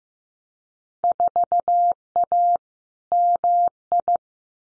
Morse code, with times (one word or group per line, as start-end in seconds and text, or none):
1.0-2.6 4A
3.1-4.2 MI